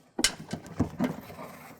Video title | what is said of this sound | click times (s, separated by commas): Ford F150 Wheel Bearing Replacement 2011-2014 | Make sure it clicks. You can't remove it. And then push down and lock the tab back in place. | 0.2 s